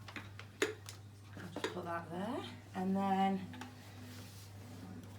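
A release button is pressed on a Shark DuoClean corded stick True Pet vacuum cleaner HV390UKT, and the plastic wand or attachment comes free from the top of the vacuum with a sharp release click at 0.6 s. Several handling knocks follow while someone talks.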